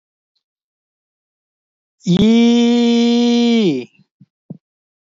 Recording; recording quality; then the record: sustained vowel as in beet; excellent, no background noise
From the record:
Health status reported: healthy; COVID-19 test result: negative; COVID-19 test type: RT-PCR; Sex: male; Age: 26 years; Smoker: no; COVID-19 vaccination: both doses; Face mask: worn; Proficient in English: no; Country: India